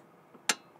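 A steel guide pin is pushed by hand through the rear brake caliper of a BMW E30 (325i, 318i) until its threads meet the caliper carrier bracket. A faint tap at 0.3 seconds comes before a sharp, bright click at 0.5 seconds. The pin's threads seat against the carrier bracket.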